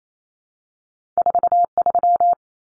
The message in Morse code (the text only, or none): 43